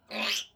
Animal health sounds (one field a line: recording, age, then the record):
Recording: pig call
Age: piglet (1 to 25 days)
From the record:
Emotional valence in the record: negative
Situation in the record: restrain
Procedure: back test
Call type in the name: high-frequency call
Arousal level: low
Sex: male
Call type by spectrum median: high-frequency call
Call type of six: high-frequency stable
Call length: 0.56 s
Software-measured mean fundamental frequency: 250 Hz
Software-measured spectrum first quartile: 1929 Hz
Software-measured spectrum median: 2983 Hz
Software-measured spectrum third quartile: 4156 Hz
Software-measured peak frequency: 2550 Hz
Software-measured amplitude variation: 164 dB a second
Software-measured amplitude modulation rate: 18.0 a second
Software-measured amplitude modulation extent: 9.1 dB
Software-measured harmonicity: 0.7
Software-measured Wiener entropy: -1.66